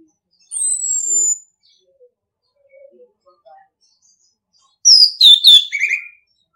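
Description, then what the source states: Orange-headed thrush song: a long, high descending whistle, faint soft notes, then a quick tumbling burst of sharp whistled notes. Training song (masteran) in the ngeplong style.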